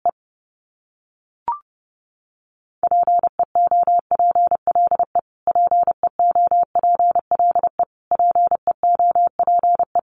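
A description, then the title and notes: A single steady tone keys out Morse code, the same word sent three times in runs of short and long beeps from about three seconds on, with brief gaps between repeats. Earlier there is a short blip and a quick chirp, then silence. Top 200 Words Repeated 30wpm. First, the word is sent three times in Morse code.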